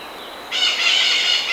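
Bird giving a single harsh, raspy, buzzy call lasting about a second, with a steady high whine behind it.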